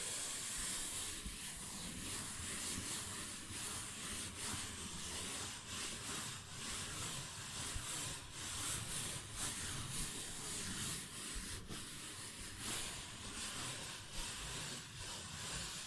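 A paper bag is scratched and tapped without a break, a dense, rustling, hissy texture that stays at an even level throughout. Short crisp taps stand out every second or so, especially around 6, 8 and 12 seconds, over a low rumbling undertone.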